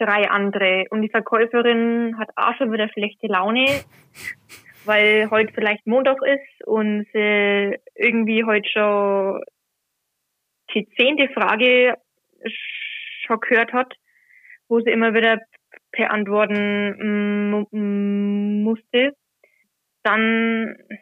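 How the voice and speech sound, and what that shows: An adult man speaking German with long silent pauses, stretched sounds and a repeated 'mm, mm' before a word: mild stuttering, which he has mostly handled by swapping words for others.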